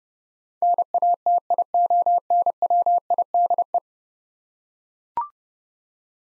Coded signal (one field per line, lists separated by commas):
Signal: Morse code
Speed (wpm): 32 wpm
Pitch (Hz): 700 Hz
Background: none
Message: NATIONWIDE